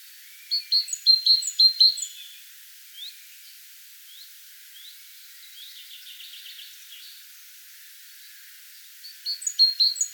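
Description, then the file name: Great tit calls, a fast burst of sharp repeated notes, then scattered soft upswept notes and a quiet stretch, before the rapid series returns at the end. "Parus major"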